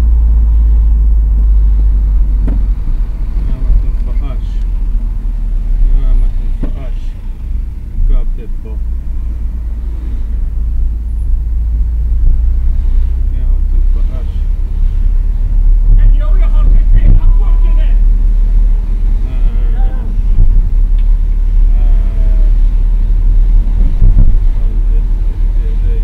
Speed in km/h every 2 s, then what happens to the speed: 31, 28, 22, 16, 17, 18, 20, 22, 23, 22, 21, 23, 24.
0-7 slows to 16. 7-26 steady at about 22.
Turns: none.